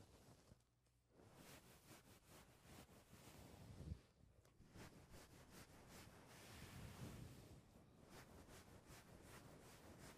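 A microphone is being touched and handled, producing a dense, rough rushing and rumbling that fills the whole clip and swells and fades unevenly. A sharp thump lands near four seconds, with a smaller bump around seven seconds; the noise dips briefly near the one-second mark.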